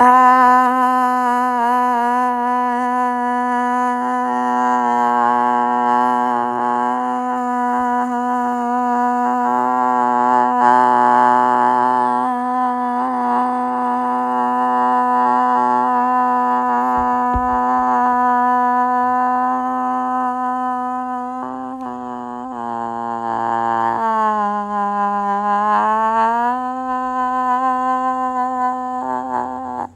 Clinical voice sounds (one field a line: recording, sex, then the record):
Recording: sustained vowel /a/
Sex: female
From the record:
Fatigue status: no fatigue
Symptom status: asymptomatic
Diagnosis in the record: COVID-19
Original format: m4a